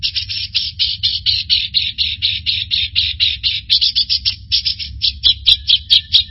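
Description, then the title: Bird song of quick, high chirping notes repeated in an even, rapid rhythm, becoming sharper and more clipped toward the end, over a low steady hum. "burung"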